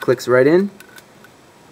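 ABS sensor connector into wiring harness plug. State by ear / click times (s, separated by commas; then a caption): seated / 1.0 s. Someone talks as the plastic electrical connector of an ABS wheel speed sensor is plugged into its wiring harness plug, so the ABS light won't come on. A faint click at 1.0 s marks the connector seating fully, good to go.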